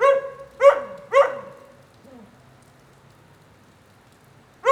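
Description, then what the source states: Dog barking three times in quick succession, then a faint short sound and a pause before another bark begins at the end, with rain pattering quietly underneath. Lone dog in the rain during a thunderstorm at 9a. Avenida 414, Quezaltenango, Guatemala.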